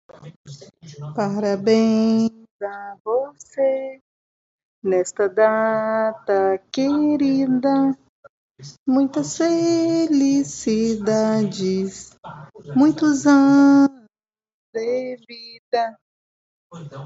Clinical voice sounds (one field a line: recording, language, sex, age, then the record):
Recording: short text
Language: Brazilian Portuguese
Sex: female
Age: 30 to 39 years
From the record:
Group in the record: control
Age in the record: 39 years